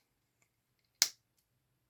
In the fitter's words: o that had a nice click that was nice